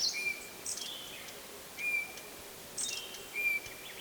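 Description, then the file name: Eurasian bullfinch calls: three soft, level piping whistles about a second and a half apart, with brief high chirps from other birds between them. "Pyrrhula pyrrhula"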